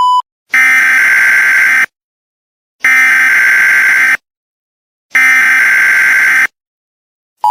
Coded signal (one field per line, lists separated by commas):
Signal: Emergency Alert System (SAME) tones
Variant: header bursts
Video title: Eas scenario 99 nights in the forest (READ DESC)